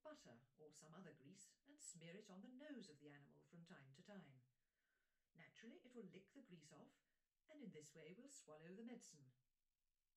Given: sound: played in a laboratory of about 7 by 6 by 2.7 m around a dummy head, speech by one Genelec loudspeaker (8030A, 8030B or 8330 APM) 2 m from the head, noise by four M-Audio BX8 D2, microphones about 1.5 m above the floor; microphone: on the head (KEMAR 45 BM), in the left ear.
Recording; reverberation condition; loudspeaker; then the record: female speech in English; low; 90 degrees to the right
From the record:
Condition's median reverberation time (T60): about 310 ms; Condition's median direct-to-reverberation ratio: about 3.5 dB